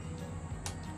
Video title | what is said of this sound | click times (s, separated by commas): Laurel Mountain Outfitters Adjustable Quiver | does SNAP into place and it holds it but it is a little loose | 0.7 s